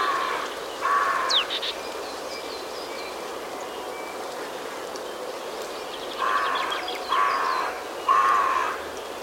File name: Corvus corone